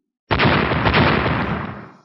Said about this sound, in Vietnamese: Tiếng nổ như lôi đình vang lên, một luồng thiểm điện từ trong cây búa kia lao ra, giống như một con điện lông dương nanh múa vuốt lao thẳng tới